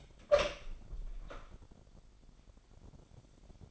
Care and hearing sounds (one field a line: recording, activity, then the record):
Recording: daily activity, microphone in the room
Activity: open door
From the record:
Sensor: 5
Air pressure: 1007.2 hPa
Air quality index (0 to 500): 169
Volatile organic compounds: 4 ppm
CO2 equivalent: 1620 ppm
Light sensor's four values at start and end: 56/157/61/61 and 56/159/62/62